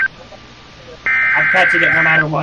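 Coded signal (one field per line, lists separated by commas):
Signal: Emergency Alert System (SAME) tones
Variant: header bursts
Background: speech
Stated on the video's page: Real EAS alerts received by DXing distant stations.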